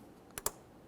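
The red locking tab on the mass airflow sensor connector of a 2006-2012 Ford Fusion 3.0L V6 is pushed closed. Two sharp clicks sound at 0.4 s and 0.5 s, after a faint tick at 0.3 s. The tab snaps shut and the connector is locked and seated.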